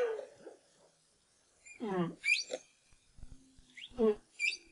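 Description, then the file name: Humpback whale song units: a low rumbling downsweep, high squeaky chirps and a flat low tone ending in a short whoop, separated by pauses. Recorded in 2011. "BRAHSS Whale Song"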